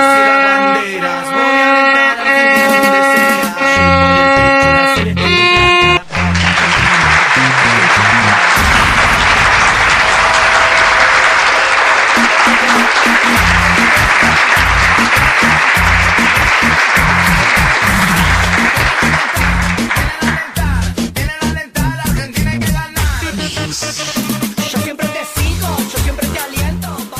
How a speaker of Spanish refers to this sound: Suena versión cumbia con el sonido más moderno, más bolichero ahí para hacerlo sonar en los boliches.